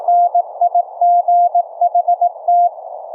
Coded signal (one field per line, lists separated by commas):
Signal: Morse code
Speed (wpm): 19 wpm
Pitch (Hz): 700 Hz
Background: none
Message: NIGHT